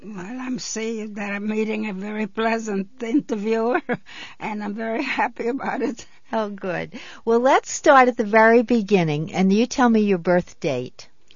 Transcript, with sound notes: Well, I'm saying that I'm meeting a very pleasant interviewer and I'm very happy about it. (she laughs)
Oh, good. Well, let's start at the very beginning, and you tell me your birth date.